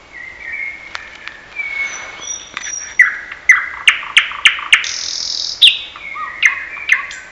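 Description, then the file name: Thrush nightingale singing: a flat whistle and faint notes, then a rhythmic series of hard, clicking notes, a rich high phrase and a few closing slurred whistles. "Naktergal"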